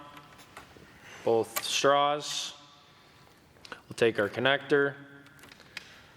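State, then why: Seated. A plastic quick connector is pushed and twisted onto the spray line, called a straw, in the arm of an Agras T40 drone while someone talks, with soft handling noises in between. A sharp click at 5.8 s marks the connector snapping in and seating in the arm's fluid line fitting.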